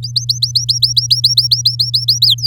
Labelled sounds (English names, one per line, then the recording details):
Domestic Canary song
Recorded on 8 May 2018 at 10:43
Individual llb16